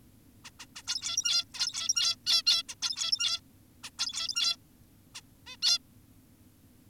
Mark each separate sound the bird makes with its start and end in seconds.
0.45-0.50, 0.60-0.66, 0.76-0.83, 0.88-1.44, 1.54-2.16, 2.26-2.43, 2.46-2.63, 2.69-2.74, 2.82-3.40, 3.84-3.90, 3.99-4.56, 5.15-5.21, 5.47-5.57, 5.62-5.78